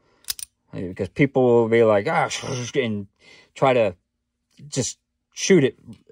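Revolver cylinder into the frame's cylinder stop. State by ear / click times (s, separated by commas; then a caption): seated / 0.3 s, 0.4 s. Someone rotates the steel cylinder of a single-action .22 Ruger Wrangler revolver until the frame's cylinder stop engages, giving sharp clicks at 0.3 s and 0.4 s. The cylinder locks in place and the revolver is ready. Someone talks for the rest of the clip.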